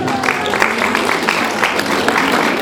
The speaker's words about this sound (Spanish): Recibimos con fuertes aplausos al estudiante